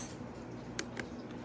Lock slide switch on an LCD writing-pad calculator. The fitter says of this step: and clicks into place perfectly, cuz if not, you're not going to be able to erase.